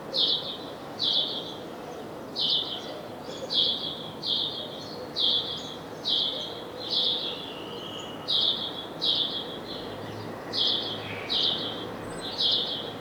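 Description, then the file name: House sparrow calls, a steady series of harsh chirps about every second, with constant low background noise. "Passer domesticus"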